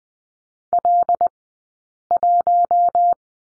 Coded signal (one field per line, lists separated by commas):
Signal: Morse code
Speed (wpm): 20 wpm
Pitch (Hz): 700 Hz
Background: none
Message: L1